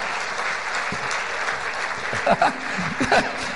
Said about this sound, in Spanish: Bueno, yo quiero que le dé un aplauso al Toyota Tercel, ¿verdad? Por favor.